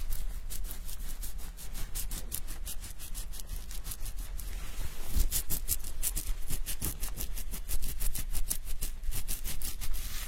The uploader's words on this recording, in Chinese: 沉浸式洗头体验 & 头皮按摩。